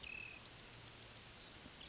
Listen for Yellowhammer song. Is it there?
no